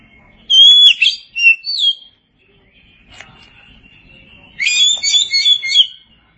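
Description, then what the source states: Oriental magpie-robin singing a whistled, slurred phrase, pausing, then a longer bright tumbling phrase of high varied notes. Chirping song.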